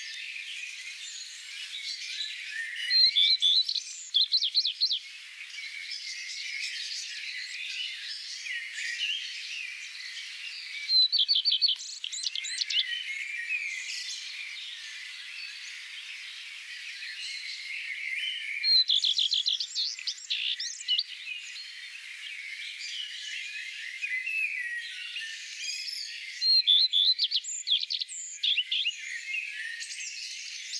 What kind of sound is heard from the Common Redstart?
song